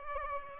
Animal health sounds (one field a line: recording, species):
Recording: mosquito wingbeat signal from an infrared sensor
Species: Aedes aegypti